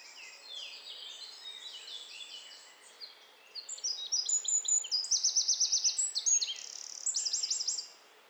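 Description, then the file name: Eurasian wren song building from soft high notes into a loud, rapid series of shrill trills and rattles, ending abruptly after about eight seconds. "Troglodytes troglodytes"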